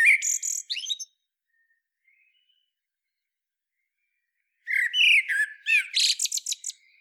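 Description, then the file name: Common blackbird song: a phrase cut short at the start, a long pause, then a warbled fluting phrase with rich whistles that breaks into high scratchy twitters. "Turdus merula"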